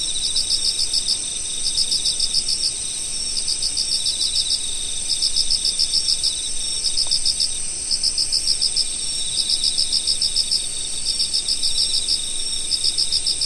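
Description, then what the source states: Insect chorus with rhythmic groups of rapid high chirps, pausing briefly between groups, layered over a steady whining hiss of further insects. Insects calling in autumn.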